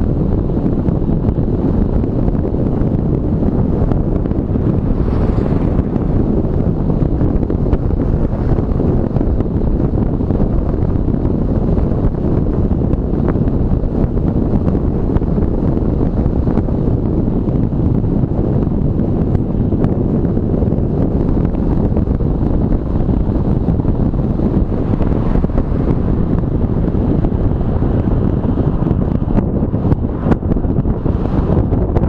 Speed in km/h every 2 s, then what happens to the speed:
36, 35, 34, 33, 32, 30, 30, 28, 27, 27, 27, 26, 25, 25, 25, 26.
0-15 slows to 27. 15-32 steady at about 26.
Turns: none.